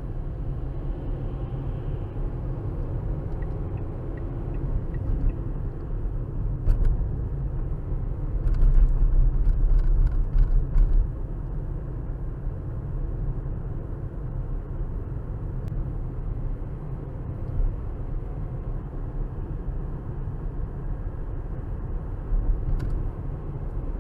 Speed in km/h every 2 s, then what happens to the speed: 48, 56, 63, 60, 60, 58, 56, 58, 60, 64, 66, 66.
0-4 speeds up to 63. 4-14 steady at about 58. 14-18 speeds up to 64. 18-24 steady at about 66.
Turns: none.